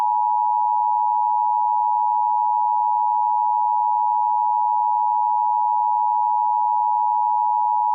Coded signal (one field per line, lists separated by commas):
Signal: Emergency Alert System (SAME) tones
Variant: 853 and 960 Hz attention tone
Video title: Go Outside (EAS)